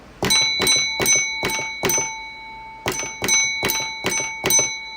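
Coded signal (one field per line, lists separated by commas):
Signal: bell signal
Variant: railway block bell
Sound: single bell struck five times, a pause, then five more strikes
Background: small room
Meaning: Train divided: the couplings have broken and part of the train is running away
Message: 5-5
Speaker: which the couplings broke somewhere and now half the train is rolling away from the rest of the train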